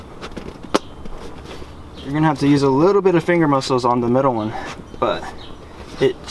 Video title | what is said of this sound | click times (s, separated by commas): How to Install Factory Fit Leather Seat Cover on Lexus GX470 - LSeat.com | and then just push it again push it in the J hook until you hear a click | 0.8 s